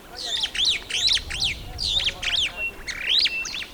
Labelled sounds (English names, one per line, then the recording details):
Superb Starling flight call
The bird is a female
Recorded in Kenya on 11 April 2009 at 11:08
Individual 54, of group MRC1